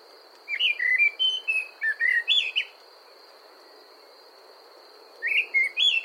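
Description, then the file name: Common blackbird singing fluted, warbling phrases of quick mellow notes, a two-second burst then a pause before another phrase begins; a steady high-pitched hum runs underneath. "Turdus merula"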